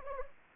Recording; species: mosquito wingbeat signal from an infrared sensor; Anopheles arabiensis